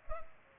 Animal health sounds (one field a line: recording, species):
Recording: mosquito wingbeat signal from an infrared sensor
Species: Culex pipiens